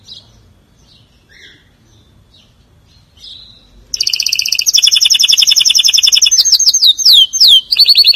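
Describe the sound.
Canary song: after a few seconds of faint chips, a loud rolling trill of rapid high notes starts, then shifts into sweeping downslurred notes and fast repeated phrases.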